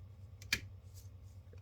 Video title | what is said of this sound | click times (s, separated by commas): Voltron 1984 | and it will click into place. | 0.5 s